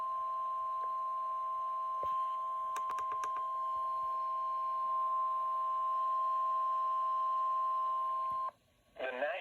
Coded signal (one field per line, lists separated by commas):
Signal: Emergency Alert System (SAME) tones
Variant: 1050 Hz attention tone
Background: speech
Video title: Tornado Watch (EAS #2)